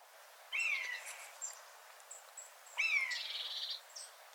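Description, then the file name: Eurasian jay uttering two downslurred, mewing whistles with a buzzy harmonic edge, the second followed by a short rattling, scratchy phrase; faint high bird notes behind. "Garrulus glandarius"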